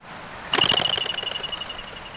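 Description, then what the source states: Pigeon taking flight: a sudden burst of fast rhythmic wingbeats, each beat a soft clap, with a thin whistling squeal running through them, fading over about a second and a half. Pigeon released after capture with both ninth primary feathers removed.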